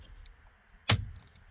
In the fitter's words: sure it make sure it snaps in